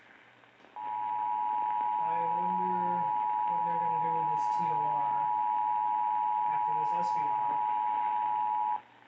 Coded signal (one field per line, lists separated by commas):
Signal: Emergency Alert System (SAME) tones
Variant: 853 and 960 Hz attention tone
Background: speech